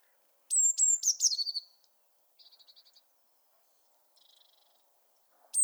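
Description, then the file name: Eurasian blue tit gives high sharp notes falling into a buzzy descending trill, then two softer short rattling bursts, and a new call begins at the end. "Cyanistes caeruleus"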